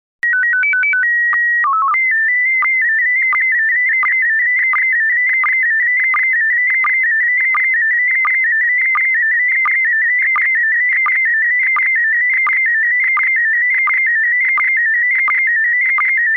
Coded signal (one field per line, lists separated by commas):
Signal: SSTV (slow-scan television)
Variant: PD 90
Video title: Slow Scan Radio, August 15, 2018, Ep. 4